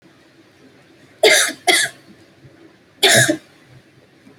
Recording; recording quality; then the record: heavy voluntary cough; excellent, no background noise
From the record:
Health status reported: healthy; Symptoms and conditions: none ticked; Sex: female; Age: 22 years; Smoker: not ticked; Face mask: not worn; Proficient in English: yes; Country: India